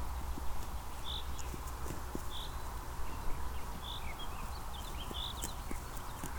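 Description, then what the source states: Sheep grazing, with soft, irregular tearing and chewing clicks throughout. Bird chirps and twitters repeat above, over a steady low traffic drone. Two sheep eating grass on a meadow in Hoscheid in early spring, early evening; birds in distant trees, traffic drone coming and going with mellow wind.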